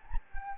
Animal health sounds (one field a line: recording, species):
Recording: mosquito wingbeat signal from an infrared sensor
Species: Anopheles gambiae